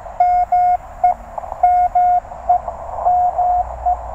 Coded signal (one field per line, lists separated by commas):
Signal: Morse code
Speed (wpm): 17 wpm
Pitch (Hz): 690 Hz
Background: radio noise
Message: ME ME ME